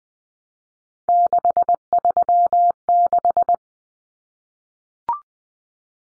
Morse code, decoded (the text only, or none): 636